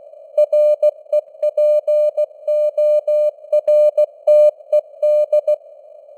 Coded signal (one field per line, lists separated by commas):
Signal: Morse code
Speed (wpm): 16 wpm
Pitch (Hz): 600 Hz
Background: none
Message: REPORTED